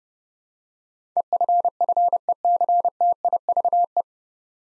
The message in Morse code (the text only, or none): EFFECTIVE